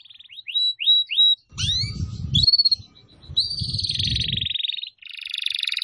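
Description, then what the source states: Atlantic canary singing: a few quick rising whistles, sharp swooping notes, then long rolled trills, with bursts of low rumbling noise underneath. Canary (kenari) song used to lure birds (pikat burung).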